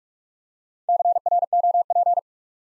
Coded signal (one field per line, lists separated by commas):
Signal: Morse code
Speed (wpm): 44 wpm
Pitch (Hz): 700 Hz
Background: none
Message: CROP